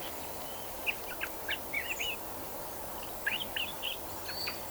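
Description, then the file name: Eurasian blackbird calling: several short, curving, high whistled notes in two loose bursts, over steady background hiss. "Turdus merula"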